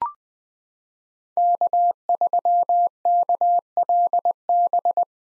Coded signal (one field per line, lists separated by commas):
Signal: Morse code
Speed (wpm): 21 wpm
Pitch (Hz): 700 Hz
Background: none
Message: K3KLB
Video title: 2023 POTA Activator Call Signs - 20wpm